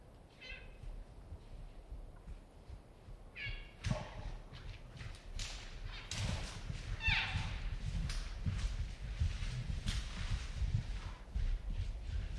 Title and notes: Roosevelt Elk herd movement. Roosevelt Elk, or Rainforest Elk or Olympic Elk. late September 2023. Queets and Quinalt Rainforest River Valleys